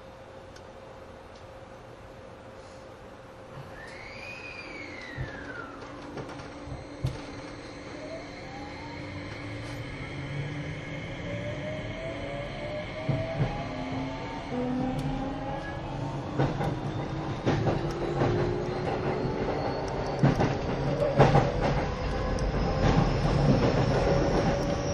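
A train runs, its rumble and rattle growing steadily louder across the clip, with dense knocks and clacks piling up in the second half. Early on a steady hum sits under a brief rising-and-falling squeal, followed by thin sustained tones that fade out around fifteen seconds.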